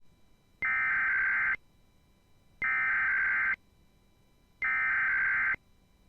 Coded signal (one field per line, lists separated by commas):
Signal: Emergency Alert System (SAME) tones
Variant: header bursts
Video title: A Day of RMTs (EAS #979-#982)